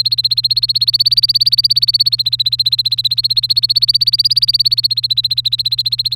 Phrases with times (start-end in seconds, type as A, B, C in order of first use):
0.00-6.15 A